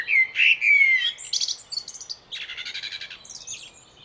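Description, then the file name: Common blackbird phrase: a clear fluted whistle opening, then a run of fast buzzy, rattling high notes that fade off. "Turdus merula"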